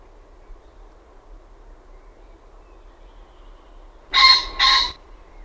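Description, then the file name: Common pheasant crow near the end: two short, rasping, explosive notes back to back after several seconds of quiet low hum. "FASAANI"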